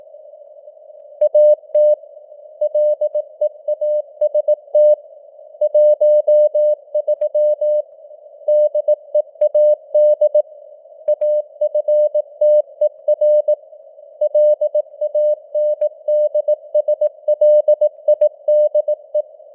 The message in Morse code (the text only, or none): AT LEAST 13 DEAD AFTER LANDSLIDE